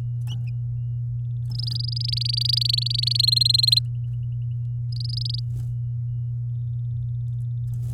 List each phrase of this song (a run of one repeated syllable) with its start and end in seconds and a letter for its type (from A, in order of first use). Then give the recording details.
1.51-3.21 A, 3.23-3.79 B, 4.92-5.40 A. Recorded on 9 May 2018 at 10:42. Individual llb16